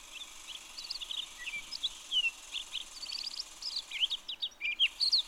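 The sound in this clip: Townsend's solitaire song, a lively continuous warble of sweet high notes and quick slurs, with a soft background hiss.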